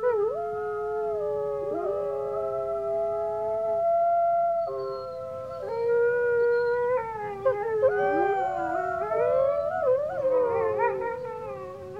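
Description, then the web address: Grey wolf: grey wolves howling together, sustained tones layered with bending, quavering howls, growing busier and more tangled toward the end. Small pack howling. "wolves howling small pack animal wolf"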